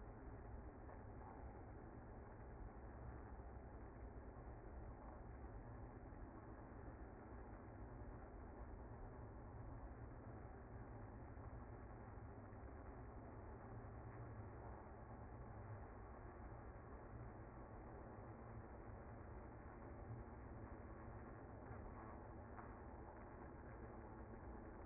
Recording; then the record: honeybee colony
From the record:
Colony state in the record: active